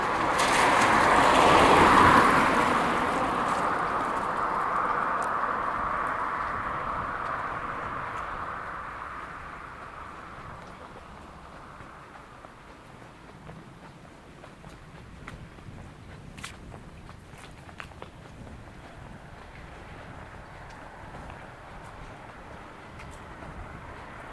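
An amble through Woodwell in Silverdale. A loud rushing swell, like a passing vehicle, peaks in the first few seconds and fades away by about ten seconds. After that a quiet, steady outdoor hush remains, broken by a few faint clicks and taps.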